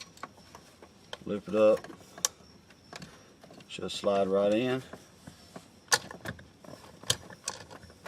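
Someone talks while sliding a parking brake cable end into the handbrake lever assembly under a Fox Body car, as part of modifying the handbrake on a 5-lug conversion. Light metallic ticks and rattles are heard, with a sharp metallic hit partway through. Nothing has seated or clicked into place yet.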